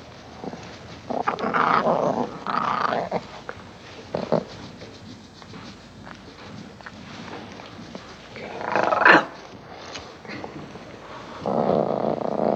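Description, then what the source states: Lion growls in scattered short bursts, rough grumbles early, a sharp snarl near nine seconds and a growl at the end. Lion fussing and playing.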